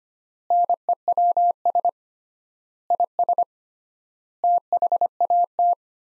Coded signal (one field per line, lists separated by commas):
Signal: Morse code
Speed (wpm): 25 wpm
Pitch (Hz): 700 Hz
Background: none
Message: NEWS IS THAT